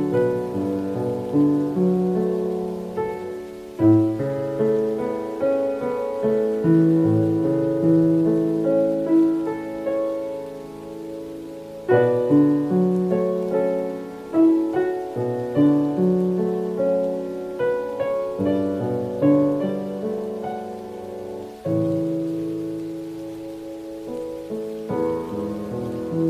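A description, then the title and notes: Gentle music with soft rain: sustained chords and a slow melody in the low and middle range, swelling on fresh chords near 4, 12, 18, 22 and 25 seconds, then fading between them. A faint, steady rain hiss sits quietly underneath. Relaxing minecraft music with soft rain.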